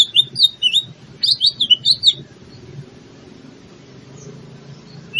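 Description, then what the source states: Greater green leafbird song: a rapid string of high, sweet whistled and twittered notes for two seconds, then near quiet before one last short note. In full song, a style called gacor.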